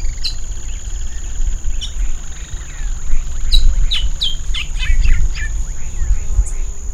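Bird calls, high short chirps and quick downward-sliding notes in scattered bursts, over a steady high-pitched tone and heavy low rumbling background noise.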